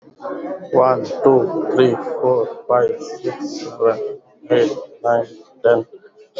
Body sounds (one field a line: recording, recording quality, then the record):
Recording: counting at a normal pace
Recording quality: moderate, slight background noise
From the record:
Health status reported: COVID-19 positive, mild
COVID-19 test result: positive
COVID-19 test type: RT-PCR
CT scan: not taken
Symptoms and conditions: cough, cold, breathing difficulty, fever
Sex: male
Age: 34 years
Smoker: no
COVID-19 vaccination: both doses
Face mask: worn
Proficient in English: yes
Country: India